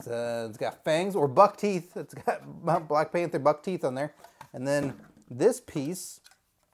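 A plastic add-on piece is handled beside the body of a Black Panther Vibranium Strike Gauntlet toy, lined up with the molded teeth, while someone talks throughout. Nothing has seated or clicked yet.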